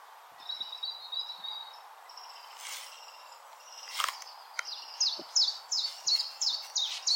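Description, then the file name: Common nightingale song beginning with thin whistles and soft notes, then a fast series of loud down-slurred chips repeated about three times a second. Recorded 16 April 2021. "Nightingale-210416"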